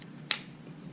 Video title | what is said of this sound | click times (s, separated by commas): Heavy Duty Wire Rack Assembly | should snap right in | 0.3 s